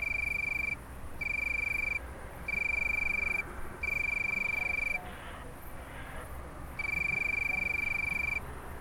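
Tree cricket song: a steady, high, pure tone in bursts of about a second, separated by pauses, one of them longer, over constant background noise.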